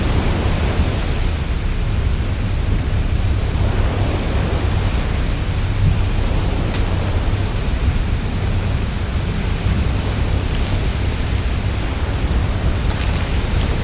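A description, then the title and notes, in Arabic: Wind and rain on a stormy sea, heard from a ship's cabin: a thick, unbroken roar with a heavy low rumble underneath. The level stays steady throughout, with only a few faint, brief ticks, around the seventh and thirteenth seconds. ضوضاء الرياح والمطر من مقصورة السفينة. اصعد على متن ناقلة بضائع قوية واستعد لمواجهة البحر الشمالي العاتي. مع سرعات رياح تصل إلى 70-80 عقدة ومطر يتساقط بلا هوادة على السفينة الفولاذية. عش تجربة تأرجح السفينة بينما ترقص مع الأمواج العاتية بمصاحبة همسات المحركات القوية. البحر العاصف.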